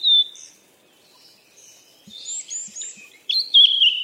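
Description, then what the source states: Scattered high bird chirps with quiet gaps between, then a clustered burst of sharp whistled notes at the close. Birds described as playing or frolicking.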